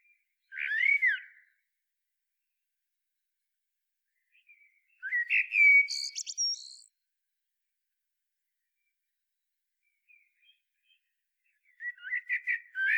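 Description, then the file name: Common blackbird delivers three spaced song phrases of rich whistled warbles, the middle one closing with high scratchy twittering notes. "Turdus merula"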